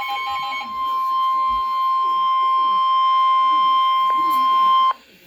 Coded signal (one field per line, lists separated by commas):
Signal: Emergency Alert System (SAME) tones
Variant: 1050 Hz attention tone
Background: speech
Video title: EAS Compilation - 6 Severe Weather Warnings in Under 8 Minutes!